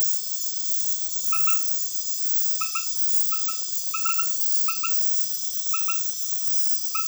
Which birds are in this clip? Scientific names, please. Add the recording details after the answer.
none. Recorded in dense forest near Puerto Asís, Putumayo, Colombia, on 18 February 2024 at 20:00. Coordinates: 0.505, -76.324. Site G6467